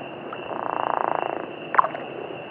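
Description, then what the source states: Chiricahua leopard frog giving one pulsed, rattling snore of about a second, followed by a brief sharp note, over a steady high hum. Arizona.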